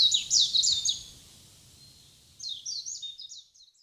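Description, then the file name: Warbling white-eye giving a fast, high chattering warble over a soft low hum, falling silent briefly, then resuming with another run of quick jumbled notes. Recorded in Kokubunji on 4 May 2004. "mejiro kokubunji"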